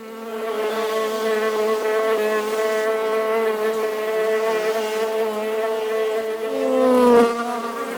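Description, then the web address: Bee buzz, a continuous low drone with a rich layered tone, swelling toward the end. "пчела"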